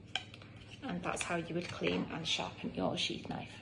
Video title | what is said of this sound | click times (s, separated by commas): forest school unit 2 1.3 tool maintenance sheath knife | Make sure it clicks to keep it locked on, | 0.2 s